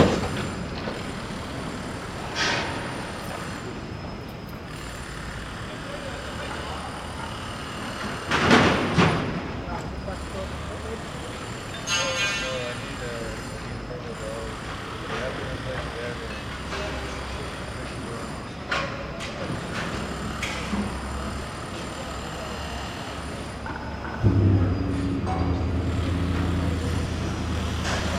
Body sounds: background sound without coughing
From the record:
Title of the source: 30 MINUTES Construction Site Ambience (CC BY 4.0)

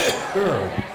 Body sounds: coughing mixed with background sound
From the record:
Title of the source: Mid-morning Winter Coughing Fit

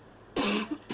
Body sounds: coughing mixed with background sound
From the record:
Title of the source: 64 coughing, allergies, singing lungs

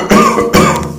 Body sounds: coughing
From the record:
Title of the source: Wet Throat Infection Cough

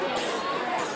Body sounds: coughing mixed with background sound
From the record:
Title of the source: 30 Chesty and wet cough

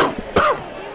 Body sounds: coughing mixed with background sound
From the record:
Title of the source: Coughing 79

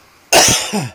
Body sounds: coughing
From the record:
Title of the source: Dry Afternoon Cough

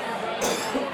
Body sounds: coughing mixed with background sound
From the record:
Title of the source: Spring Cold Coughing 3

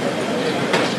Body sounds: background sound without coughing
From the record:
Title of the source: Office Sounds Ambience - Background Noise for Study and Work

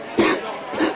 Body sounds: coughing mixed with background sound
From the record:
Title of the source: 60 coughing still (deep and wet cough)

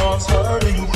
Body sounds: coughing mixed with background sound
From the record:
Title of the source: Coughing Man Sound - Man Cough Sound Effect

